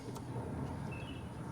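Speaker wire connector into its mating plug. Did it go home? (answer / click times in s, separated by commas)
no / none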